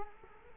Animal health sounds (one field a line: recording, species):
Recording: mosquito wingbeat signal from an infrared sensor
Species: Culex quinquefasciatus